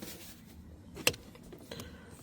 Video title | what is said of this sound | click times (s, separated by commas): How To Change the Cabin Air Filter in Your Car | Now, you want to hear two clicks. | 1.1 s, 1.7 s